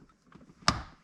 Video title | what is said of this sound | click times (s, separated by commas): Replacing the shifter on my Porsche 911 996 | and you just heard it snap and so now i should | 0.7 s